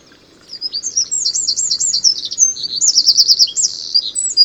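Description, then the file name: Eurasian wren song starting after half a second of quiet: a rapid, piercing series of looping whistles and dry trills that carries on to the end. "Troglodytes troglodytes"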